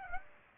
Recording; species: mosquito wingbeat signal from an infrared sensor; Aedes aegypti